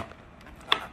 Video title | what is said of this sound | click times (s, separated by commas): Bissell Crosswave: you have to try this! | it just slides right on, and you'll hear it click into place. | 0.7 s